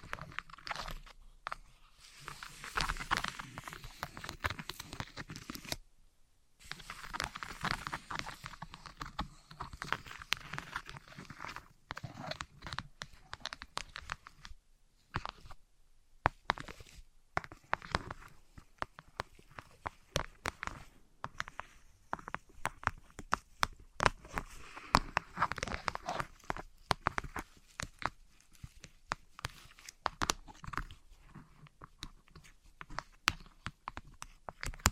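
Wood, cork, sponge, foam, glass and plastic objects are tapped, rubbed and handled in quick, irregular bursts of clicks and knocks. Brighter scratchy rubbing stretches come and go, and short silences break the activity near 6 and 15 seconds.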